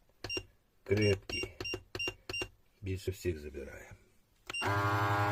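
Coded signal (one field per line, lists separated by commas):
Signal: none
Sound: vacuum sealer button beeps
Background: speech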